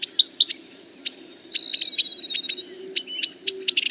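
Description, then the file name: Vermilion flycatcher song of sharp high chips and short thin whistles, quickening into a rapid run of notes near the end, low hum behind. "Canto do passaro principe"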